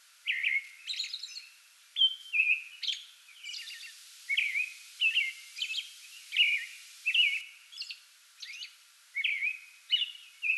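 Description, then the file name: American robin caroling continuously, short whistled phrases with thin high squeaks between some phrases. Singing before dawn from a small tree in a front yard, 8 May 2022. "2022-05-08 American Robin pre-dawn singing from small tree in front yard"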